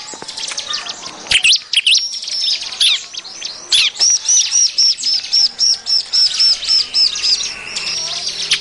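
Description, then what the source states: Bar-winged prinia calling with scratchy high chirps, then a steady, rapid run of sharp repeated notes from midway. Noisy lure call used to attract birds.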